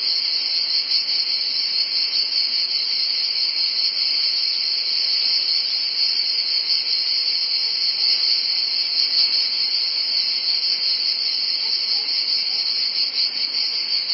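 Cicadas keep up a dense, high, hissing buzz without pause for the whole stretch, with a couple of brief clicks partway through.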